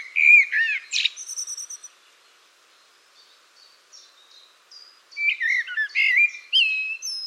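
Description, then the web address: Bird song: a loud burst of twisting, warbled whistles, then soft high twitters, then another bright run of rising and falling whistled notes. "cianscape birddata Deverinetal 2025 File origin Bird Only Tu Me Tu Me"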